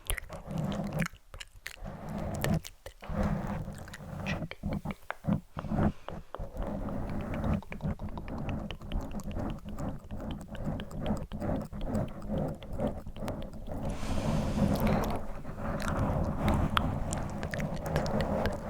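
Mic scratching runs throughout as a dense, uneven stream of rough scrapes and crackly taps, with a few brief gaps in the first few seconds. A low, steady rumble sits underneath, and a brighter hissy rush swells briefly around fourteen seconds.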